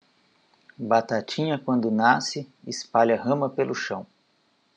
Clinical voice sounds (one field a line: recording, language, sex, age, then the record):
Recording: short text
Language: Brazilian Portuguese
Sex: male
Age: 40 to 49 years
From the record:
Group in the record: control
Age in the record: 45 years